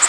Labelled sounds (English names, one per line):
Connecticut Warbler flight call